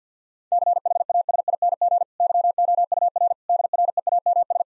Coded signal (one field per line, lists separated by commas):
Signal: Morse code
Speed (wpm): 50 wpm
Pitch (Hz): 700 Hz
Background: none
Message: CHASING YOUR DREAMS